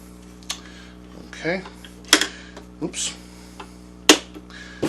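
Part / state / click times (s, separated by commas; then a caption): storage compartment cover on sewing machine / seated / 4.1 s. Someone talks while closing the plastic accessory storage compartment cover on a Brother HC1850 sewing machine, with a few handling knocks along the way. The cover shuts with one loud snap at 4.1 s, seating it in place so it is out of the way.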